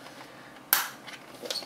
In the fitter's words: and after all you should uh you should hear clicking sound and connect the outputs right now